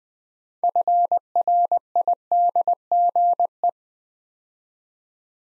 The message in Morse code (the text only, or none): FRIDGE